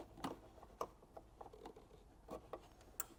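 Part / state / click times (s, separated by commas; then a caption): T-connector harness plug into vehicle wiring connector / seated / 3.0 s. A plastic Curt trailer-wiring T-connector harness plug, its slots lined up, is pushed into the mating vehicle wiring connector on a 2024 Ford Escape. Small plastic taps and rustles sound at about 0.3, 0.8 and 2.5 seconds, then a sharp click at 3.0 seconds as the connector locks in place and is seated.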